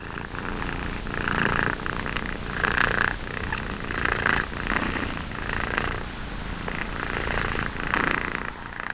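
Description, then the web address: Cat purring steadily, a rough rumbling drone that swells and eases roughly every second and a half. "gatopedia. Purring cat"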